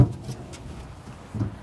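A drain hose fitting for a Pace Edwards Bedlocker tonneau cover is handled under the truck bed as it is pushed up toward the canister and grommet. A brief low bump at the start and another soft low knock near 1.4 s sit over quiet rustling handling noise. Nothing has seated or clicked yet.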